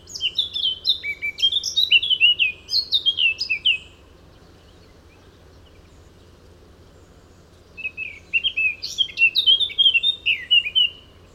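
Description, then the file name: Eurasian blackcap singing two rich warbled phrases of rapid, jumbled high notes, separated by a quiet pause with faint background hum. "Sylvia atricapilla"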